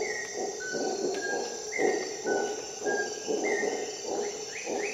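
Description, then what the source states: Howler monkey howls as rhythmic, pulsing roars, with short whistled bird notes above and a steady high insect drone throughout. Howler monkey calling at dawn in the Costa Rica jungle, during an expedition.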